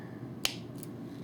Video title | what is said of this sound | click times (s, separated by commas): Custom ROTF Devastator Review- Part 7 of 10 | so I got it to click on that | 0.4 s